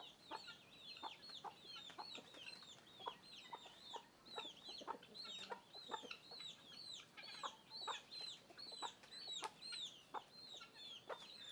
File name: Galinhas e pintinhos andando em volta do microfone